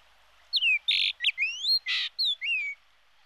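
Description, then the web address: Ochre-rumped bunting giving a rapid series of high slurred whistles alternating with short buzzy notes over about two seconds. "emberiza yessoensis"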